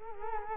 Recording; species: mosquito wingbeat signal from an infrared sensor; Culex quinquefasciatus